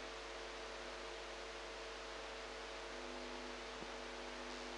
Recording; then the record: brain microelectrode recording played as sound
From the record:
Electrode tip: outside the subthalamic nucleus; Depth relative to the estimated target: 4 mm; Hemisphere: right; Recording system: NeuroSet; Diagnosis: Parkinson's disease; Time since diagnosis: 8 years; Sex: female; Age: 45 years